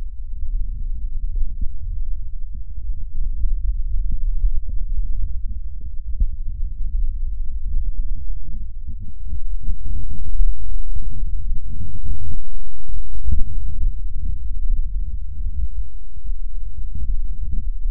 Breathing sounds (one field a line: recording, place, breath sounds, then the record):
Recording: lung sounds by stethoscope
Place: right anterior lower chest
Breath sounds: normal breath sounds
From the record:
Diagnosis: none (healthy)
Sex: male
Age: 30 years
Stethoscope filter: bell mode, 20 to 200 Hz